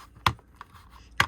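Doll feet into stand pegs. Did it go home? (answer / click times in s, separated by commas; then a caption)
yes / 0.3 s, 1.2 s. A Ken fashion doll's plastic feet are slid onto the pegs of his plastic base until they click in. Two loud, sharp plastic clicks sound at 0.3 s and 1.2 s, one for each foot, with faint softer ticks between them. The feet are seated on the pegs and the doll can stand on his own.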